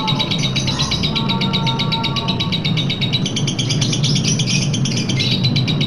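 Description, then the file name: Lovebird trill: rapid, repeated shrill chirps pour out continuously over a steady low background hum. Long trill, a song style known locally as ngekek panjang. "lovebird-ngekek-panjang-1-omkicau"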